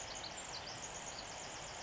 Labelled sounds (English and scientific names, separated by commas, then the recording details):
Pacific Wren (Troglodytes pacificus)
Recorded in Sonoma County, California